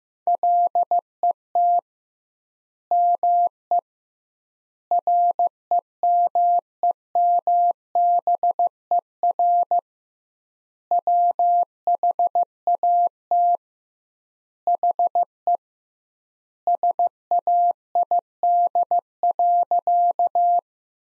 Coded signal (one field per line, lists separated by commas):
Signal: Morse code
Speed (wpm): 15 wpm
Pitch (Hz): 700 Hz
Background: none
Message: LET ME REMEMBER WHAT HE SAID.